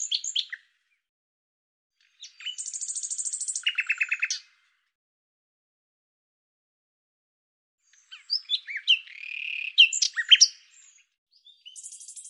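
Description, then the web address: Bird gives a brief chirp burst, then a long buzzy, fast-pulsed trill, a long silence, and a final phrase of jumbled squeaky chirps and warbles. "Deverinetal 2025"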